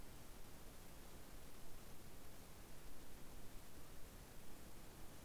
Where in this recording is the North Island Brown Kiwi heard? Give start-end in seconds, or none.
none